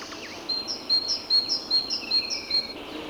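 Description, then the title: Tit repeating a ringing two-part whistle, alternating higher and lower notes, in an even rhythm for about two seconds, with faint background hiss. "Ярмышко Л. - Аудиоэнциклопедия. Ñèíè÷êà-ãàè÷êà, ñèíè÷êà-ìîñêîâêà, áîëüøàÿ ñèíèöà"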